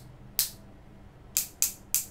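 The phone holder head on a KEDSUM selfie stick is moved through several detent positions of its ratcheting plastic tilt joint, giving four sharp, bright clicks at 0.4, 1.4, 1.6 and 1.9 seconds over a quiet low hum. Each click is the joint locking into place, confirming the rigid head is fixed in that position and won't move.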